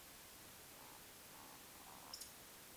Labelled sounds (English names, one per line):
Eurasian Woodcock whistle
Eurasian Woodcock croak